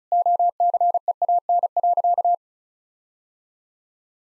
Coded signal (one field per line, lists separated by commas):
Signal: Morse code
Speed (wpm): 34 wpm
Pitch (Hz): 700 Hz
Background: none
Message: OCEAN.